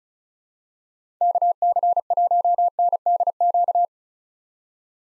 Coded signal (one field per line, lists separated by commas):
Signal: Morse code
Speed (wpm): 34 wpm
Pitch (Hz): 700 Hz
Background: none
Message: KC1NDQ